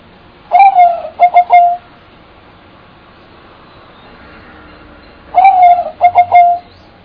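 Bird cooing: a long, steady low note followed by three short, quick notes, the phrase repeated about five seconds later over a faint background hiss.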